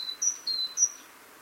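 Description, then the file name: Great tit song: a brief burst of a few whistled notes switching between lower and higher pitch, then quiet hiss. "Parus major"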